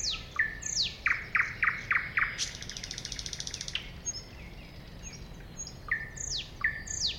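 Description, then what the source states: Thrush nightingale song opening with loud descending whistled notes, then a grating rattle and rapid ticking, ending with bright downslurred whistles. At a woodland edge next to a lake.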